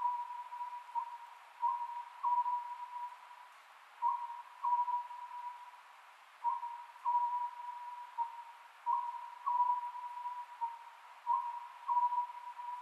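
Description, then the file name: Oriental scops owl repeating its short multi-note phrase at an even pace, roughly every two and a half seconds, over a continuous hum. Recorded on 27 May 2010 at 22:21. "konohazuku-20100527-2221"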